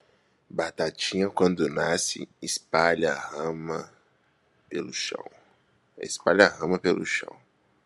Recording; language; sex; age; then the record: short text; Brazilian Portuguese; male; 20 to 29 years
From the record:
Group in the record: control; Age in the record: 20 years